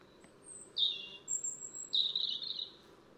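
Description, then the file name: European robin with two short, high warbled phrases about a second apart, each preceded by a thin very high whistle, over a faint background hiss. "Erithacus rubecula"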